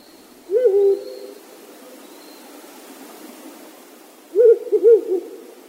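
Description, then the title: Ural Owl hoots: a short wavering low hoot phrase, a long pause, then a second quavering phrase of several linked hoots. Juvenile owl. "朝の小鳥. フクロウの幼鳥"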